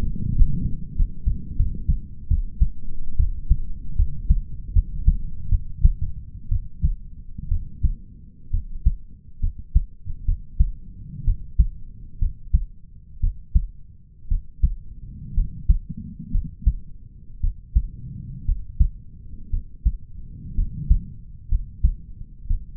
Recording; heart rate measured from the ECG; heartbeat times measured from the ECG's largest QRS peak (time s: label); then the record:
heart sounds by stethoscope; 65 bpm
0.35 s: heartbeat
0.96 s: heartbeat
1.57 s: heartbeat
2.28 s: heartbeat
3.17 s: heartbeat
3.96 s: heartbeat
4.73 s: heartbeat
5.50 s: heartbeat
6.49 s: heartbeat
7.49 s: heartbeat
8.51 s: heartbeat
9.41 s: heartbeat
10.26 s: heartbeat
11.25 s: heartbeat
12.19 s: heartbeat
13.21 s: heartbeat
14.29 s: heartbeat
15.35 s: heartbeat
16.32 s: heartbeat
17.41 s: heartbeat
18.45 s: heartbeat
19.50 s: heartbeat
20.55 s: heartbeat
21.49 s: heartbeat
22.47 s: heartbeat
From the record:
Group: healthy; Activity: rest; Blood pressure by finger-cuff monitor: 105/74 mmHg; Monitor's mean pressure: 86 mmHg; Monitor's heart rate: 61 bpm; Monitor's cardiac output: 4.6 L/min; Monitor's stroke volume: 74 mL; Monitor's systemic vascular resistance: 1370 dyn s/cm5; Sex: male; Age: 20 years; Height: 187 cm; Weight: 68.9 kg